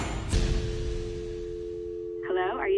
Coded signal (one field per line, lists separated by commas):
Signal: telephone call progress tone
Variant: North America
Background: speech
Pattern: dial tone